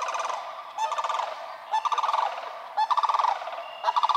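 Sandhill crane loud rolling, trumpeting rattles about a second apart, most starting with a short note before the rattle.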